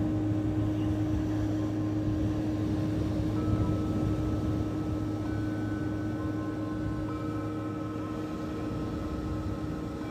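A live sound healing session on a beach, carried by a steady, sustained low drone with a deeper hum beneath and a dense rumbling wash throughout. Thin, high ringing tones enter around three and a half, five, and seven seconds and hold.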